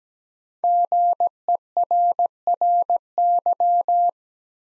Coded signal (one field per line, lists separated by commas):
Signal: Morse code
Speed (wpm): 17 wpm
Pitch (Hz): 700 Hz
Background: none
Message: GERRY